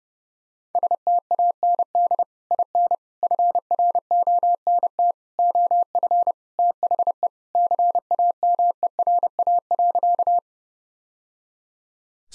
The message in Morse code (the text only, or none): STAND IN FRONT OF THE CAMERA.